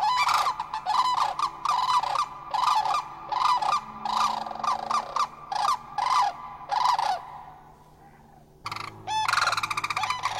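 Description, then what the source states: Cranes trumpeting in loud, harmonic calls, repeated in a steady run, then a short pause before another burst of calls. Cranes calling together in unison.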